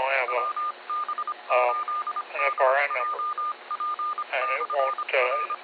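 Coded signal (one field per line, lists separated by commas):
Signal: Morse code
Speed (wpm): 25 wpm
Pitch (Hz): 1210 Hz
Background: speech, radio noise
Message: WB8DJP/R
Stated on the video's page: Heard on a 2 m club net on 146.64 MHz repeater, received with a Flex 6700, preamp and Mosley 5/8 base antenna.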